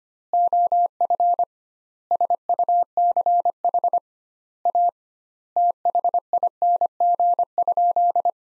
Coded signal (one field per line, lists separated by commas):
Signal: Morse code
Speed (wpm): 25 wpm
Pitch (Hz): 700 Hz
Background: none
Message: OF SUCH A THING?